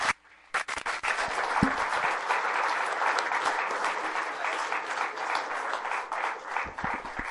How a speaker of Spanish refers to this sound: Muchas, muchas gracias por estar aquí, les invitamos para que podamos darle un aplauso fuerte a nuestro hermano y darle las gracias así.